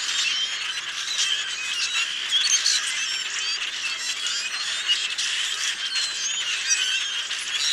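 Common grackle chorus of grating, rusty-hinge squeaks and short sharp whistles, layered thickly from numerous birds throughout.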